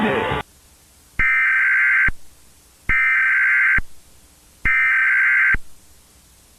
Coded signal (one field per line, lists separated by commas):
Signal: Emergency Alert System (SAME) tones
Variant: header bursts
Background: speech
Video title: EAS scenario: Insane Mickey (EAS scenario)